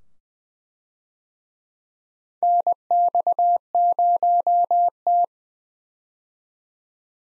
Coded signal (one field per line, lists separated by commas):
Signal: Morse code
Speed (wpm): 20 wpm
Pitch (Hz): 700 Hz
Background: none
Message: NX0T